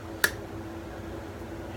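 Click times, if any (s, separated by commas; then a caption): 0.2 s. The strong blade lock in the handle of an Army Air Force folding machete snaps into place. A single sharp click is heard at 0.2 s over quiet background noise, and the lock is seated.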